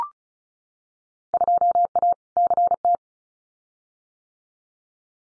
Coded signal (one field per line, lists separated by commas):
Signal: Morse code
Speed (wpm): 34 wpm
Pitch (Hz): 700 Hz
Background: none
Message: 2A CT